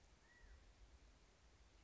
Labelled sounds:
California Quail
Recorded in Sonoma County, California

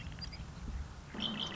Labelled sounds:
Red-winged Blackbird
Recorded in Sonoma County, California

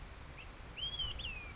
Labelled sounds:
Olive-sided Flycatcher
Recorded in Sonoma County, California

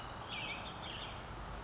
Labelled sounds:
California Towhee
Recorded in Sonoma County, California

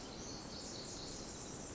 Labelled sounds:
Pacific Wren
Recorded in Sonoma County, California

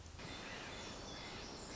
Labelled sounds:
Pacific Wren
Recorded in Sonoma County, California

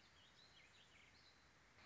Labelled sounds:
Warbling Vireo
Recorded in Sonoma County, California

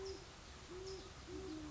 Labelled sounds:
Great Horned Owl
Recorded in Sonoma County, California

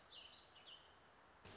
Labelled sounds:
Warbling Vireo
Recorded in Sonoma County, California

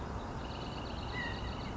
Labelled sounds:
California Quail
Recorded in Sonoma County, California

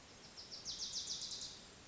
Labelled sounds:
Wilson's Warbler
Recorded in Sonoma County, California

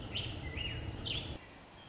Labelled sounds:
American Robin
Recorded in Sonoma County, California

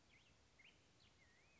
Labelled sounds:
Black-headed Grosbeak
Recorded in Sonoma County, California

